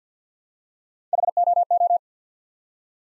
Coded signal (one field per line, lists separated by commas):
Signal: Morse code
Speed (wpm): 50 wpm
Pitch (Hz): 700 Hz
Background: none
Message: HOO